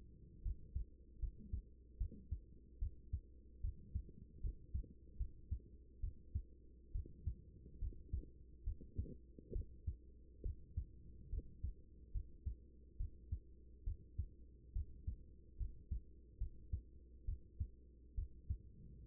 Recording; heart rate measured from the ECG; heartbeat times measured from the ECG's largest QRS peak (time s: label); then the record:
heart sounds by stethoscope; 71 bpm
0.42 s: heartbeat
1.19 s: heartbeat
1.97 s: heartbeat
2.79 s: heartbeat
3.61 s: heartbeat
4.41 s: heartbeat
5.17 s: heartbeat
6.00 s: heartbeat
6.92 s: heartbeat
7.79 s: heartbeat
8.63 s: heartbeat
9.52 s: heartbeat
10.42 s: heartbeat
11.29 s: heartbeat
12.12 s: heartbeat
12.97 s: heartbeat
13.84 s: heartbeat
14.72 s: heartbeat
15.57 s: heartbeat
16.38 s: heartbeat
17.25 s: heartbeat
18.14 s: heartbeat
19.05 s: heartbeat
From the record:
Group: healthy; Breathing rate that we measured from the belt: 16 breaths a minute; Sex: female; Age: 24 years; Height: 163 cm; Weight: 55.7 kg